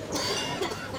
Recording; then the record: coughing mixed with background sound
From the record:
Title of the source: Dry Coughing Fit in the Afternoon.